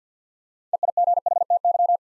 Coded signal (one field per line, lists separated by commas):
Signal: Morse code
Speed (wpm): 50 wpm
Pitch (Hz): 700 Hz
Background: none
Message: EIGHTY